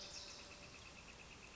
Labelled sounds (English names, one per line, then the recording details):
Northern Flicker
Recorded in Sonoma County, California